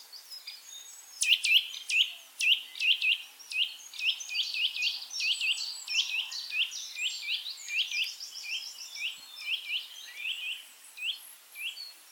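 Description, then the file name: Eurasian nuthatch calls: a long, busy series of short, high, clear chirps and piping notes, fast and irregular, over a faint hiss. "Sitta europaea"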